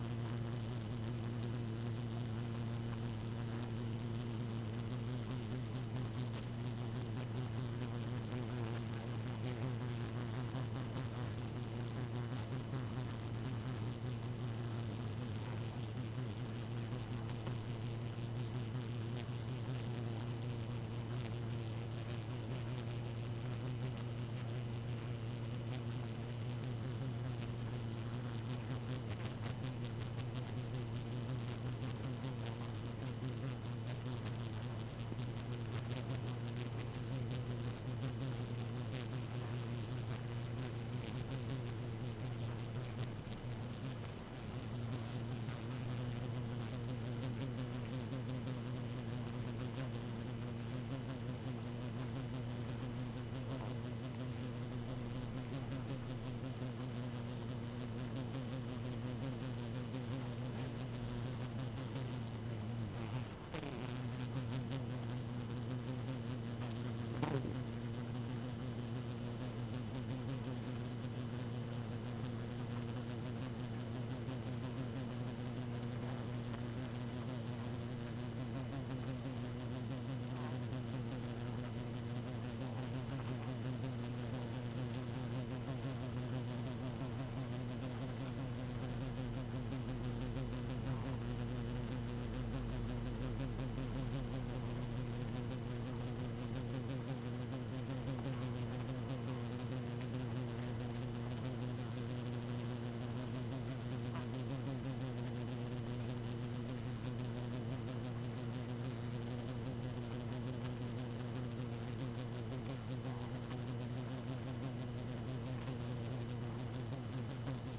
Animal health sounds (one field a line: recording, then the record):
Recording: honeybee colony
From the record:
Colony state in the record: active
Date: 12 June 2018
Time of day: 1:10